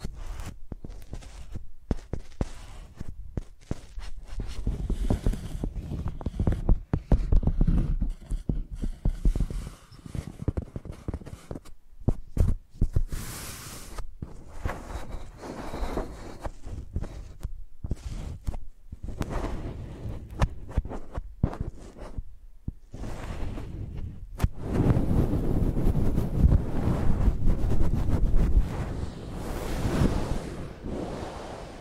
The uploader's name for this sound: ASMR Using Mics as Pencils (No Talking)